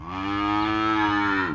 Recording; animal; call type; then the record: contact call of a hoofed animal; cattle; low-frequency (closed-mouth) or high-frequency (open-mouth) call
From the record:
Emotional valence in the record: negative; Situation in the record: full separation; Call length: 1.54 s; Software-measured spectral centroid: 1660 Hz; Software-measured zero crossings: 2000 a second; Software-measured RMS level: -24 dBFS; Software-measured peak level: -11 dBFS